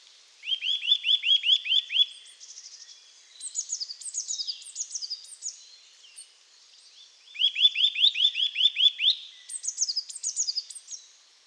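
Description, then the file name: Eurasian nuthatch giving two bursts of fast rising whistled notes, with higher chirping and twittering in between. "Sitta europaea"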